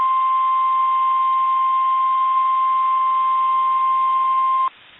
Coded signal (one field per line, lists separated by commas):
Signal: Emergency Alert System (SAME) tones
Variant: 1050 Hz attention tone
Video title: OKLAHOMA TROUBLE | EAS Alerts from April 19th, 2023 (EAS #2325-2341)